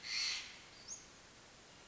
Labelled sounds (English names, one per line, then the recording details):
Western Flycatcher
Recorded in Sonoma County, California